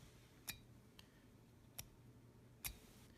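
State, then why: Seated. A metal twist mechanism in the barrel of a ballpoint pen, with brass inner parts, is twisted to extend the refill, giving short, sharp ticks at about 0.5, 1.0, 1.8 and 2.7 seconds over a quiet background. The mechanism locks into place at 1.0 and 1.8 seconds with a slightly jerky but solid action rather than a smooth one.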